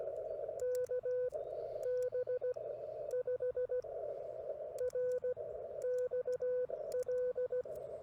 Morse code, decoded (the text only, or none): KB5RXL